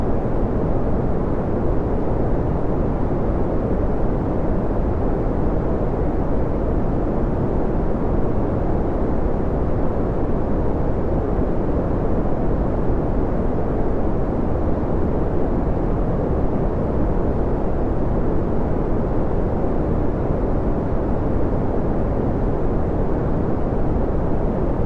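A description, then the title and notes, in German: A deep, steady rushing noise, mostly low rumble with a softer hiss layered on top. The sound is perfectly even from start to finish, dense, with no separate events, pauses or changes in loudness. Das Sanfteste Braune Rauschen. Das tiefe, beruhigende Brummen des Braunen Rauschens mit dem sanften, besänftigenden Rauschen des Weißen Rauschens.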